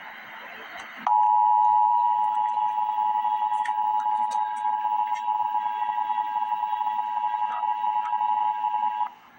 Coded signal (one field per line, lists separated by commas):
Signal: Emergency Alert System (SAME) tones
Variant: 853 and 960 Hz attention tone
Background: speech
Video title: Emergency Alert System - Special Weather Statement - Dec 31, 2025 at 1:23 PM EST